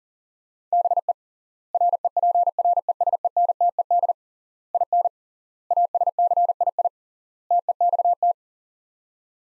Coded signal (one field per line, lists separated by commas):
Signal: Morse code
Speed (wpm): 40 wpm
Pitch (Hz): 700 Hz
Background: none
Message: BE REPRESENTED IN ASCII TEXT